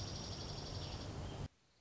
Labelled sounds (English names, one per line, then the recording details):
Dark-eyed Junco
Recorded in Sonoma County, California